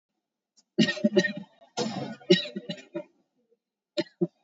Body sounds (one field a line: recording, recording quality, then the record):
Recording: heavy voluntary cough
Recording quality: excellent, no background noise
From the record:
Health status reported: COVID-19 positive, moderate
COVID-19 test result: positive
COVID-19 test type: RT-PCR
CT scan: taken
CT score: 0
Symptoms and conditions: cough, cold, breathing difficulty, sore throat, fever, fatigue, muscle pain, diarrhoea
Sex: male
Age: 31 years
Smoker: no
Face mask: worn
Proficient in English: yes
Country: India